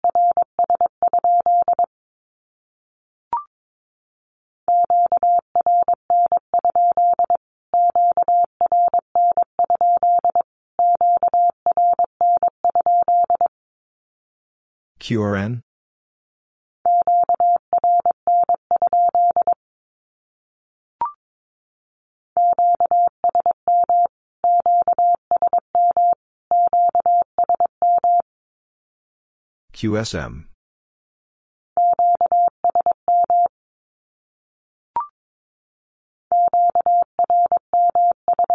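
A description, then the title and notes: Morse code beeps at one steady mid pitch spell out a Q-code, repeated in three passes separated by pauses. Between passes come brief bursts of hissy static, near 15 and 30 seconds, with a faint single tick at each gap. Q-Codes Repeated 3x 22wpm. First, the Q-code is sent in Morse code three times as either a statement or a question. Finally, it is sent again in Morse code.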